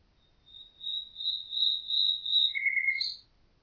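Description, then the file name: Common nightingale song: a long, even, high trill lasting over two seconds, then two short phrases, one lower and one higher. "Nachtigall"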